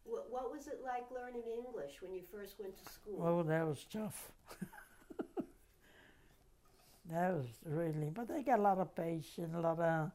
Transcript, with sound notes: What was it like learning English when you first went to school?
Oh, that was tough. ( she laughs ) That was really, but they got a lot of patience, a lot of,